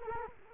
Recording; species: mosquito wingbeat signal from an infrared sensor; Culex quinquefasciatus